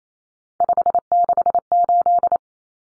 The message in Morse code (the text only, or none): 568